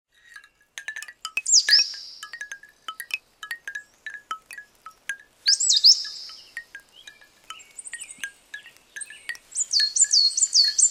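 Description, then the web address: Bird song: a steady series of short mid-pitched chips, broken by high swooping whistled phrases and a fast run of high notes near the end. In the woods. "Microsoft Lumia-640-China Birds in the Woods"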